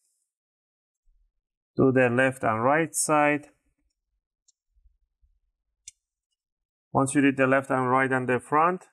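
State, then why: Released. On a Toshiba Satellite L55w-C5202s laptop, an opening tool is twisted between the plastic palm rest and the bottom cover along the sides, popping the plastic retaining clips of the bottom cover loose from the palm rest. Someone talks, then two sharp clicks come at 4.5 s and 5.9 s as the clips release, and the talking resumes.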